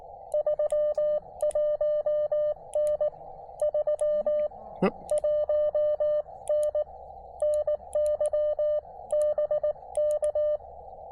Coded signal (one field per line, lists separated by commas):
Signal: Morse code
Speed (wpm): 18 wpm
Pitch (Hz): 590 Hz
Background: none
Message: 31N 31N NY BK